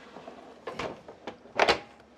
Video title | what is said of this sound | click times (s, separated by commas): 식기세척기 사실 분들 보세요! 안 사실 분들도 보세요! - 파나소닉 식기세척기 리뷰 | 딸깍 소리가 날때까지 개의 닫아 주시면 되는데요 | 1.6 s